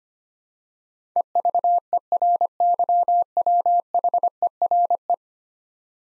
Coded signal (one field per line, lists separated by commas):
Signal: Morse code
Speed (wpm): 25 wpm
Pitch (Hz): 700 Hz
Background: none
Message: EVERYWHERE